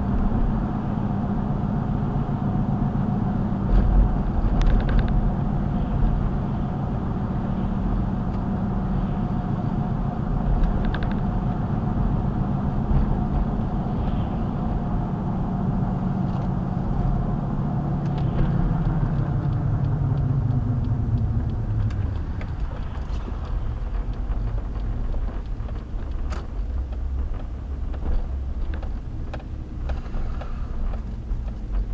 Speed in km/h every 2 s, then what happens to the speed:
66, 64, 64, 64, 63, 64, 64, 63, 60, 47, 32, 23, 15, 21, 23, 18.
0-15 steady at about 64. 15-25 brakes to 15. 25-28 speeds up to 23.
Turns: 21-25.